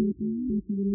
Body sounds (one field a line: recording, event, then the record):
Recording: neck accelerometer signal played as sound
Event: no cough (speech, laughter, throat clearing or background)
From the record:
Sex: male